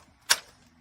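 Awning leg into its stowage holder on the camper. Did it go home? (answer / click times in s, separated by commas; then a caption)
yes / 0.3 s. The second awning leg on the camper slides into its stowage holder and clicks in at 0.3 s, a single short, sharp broadband click against near silence. The leg is seated in its holder.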